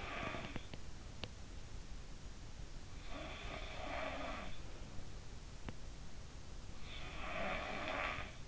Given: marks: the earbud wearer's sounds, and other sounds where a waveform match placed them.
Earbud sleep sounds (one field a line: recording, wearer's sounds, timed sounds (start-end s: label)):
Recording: sounds in sleep by an in-ear microphone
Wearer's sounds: teeth grinding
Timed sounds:
0.21-1.54 s: teeth grinding
2.95-4.63 s: sound from someone else or the room
5.56-5.83 s: teeth grinding
7.16-8.45 s: sound from someone else or the room